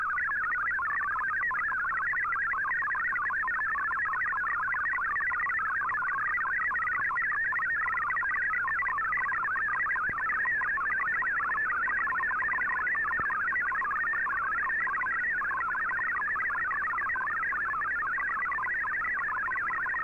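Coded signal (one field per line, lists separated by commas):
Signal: multi-tone FSK (Olivia or MFSK type)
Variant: MFSK32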